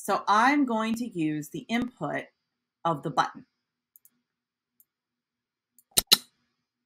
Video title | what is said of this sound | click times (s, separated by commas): littleBits Fuse Tutorial | and you can hear it snap into place | 6.0 s, 6.1 s